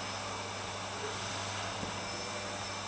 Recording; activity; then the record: daily activity, microphone in the room; vacuum cleaning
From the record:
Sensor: 2